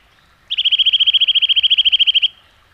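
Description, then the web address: Eurasian nuthatch delivering a fast, even trill of about twenty short whistled notes lasting under two seconds. "agykontroll Madardalok Cd 1. Csuszka"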